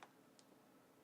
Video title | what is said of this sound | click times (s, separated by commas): 1. An Introduction to the DSLR Camera | you can hear the click | 0.0 s